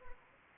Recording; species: mosquito wingbeat signal from an infrared sensor; Anopheles arabiensis